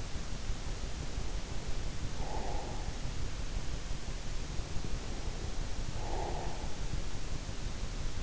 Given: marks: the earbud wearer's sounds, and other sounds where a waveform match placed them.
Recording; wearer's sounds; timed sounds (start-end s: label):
sounds in sleep by an in-ear microphone; breath
0.90-3.11 s: breath
5.06-7.27 s: breath